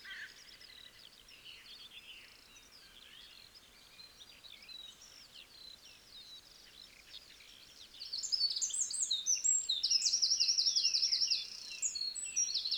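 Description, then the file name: Eurasian wren song: after several seconds of softer varied chirping, a loud, very high rapid trill and twitter bursts in and continues to the end. "Troglodytes troglodytes"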